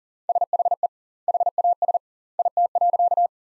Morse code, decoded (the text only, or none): SHE HAS IT.